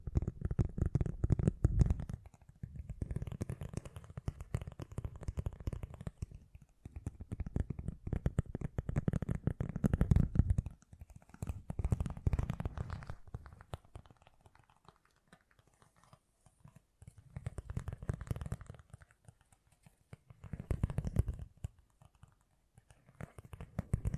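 Fast, gentle tapping comes in dense bursts with a soft low thump, pausing briefly around 7, 15 and 19 seconds before resuming.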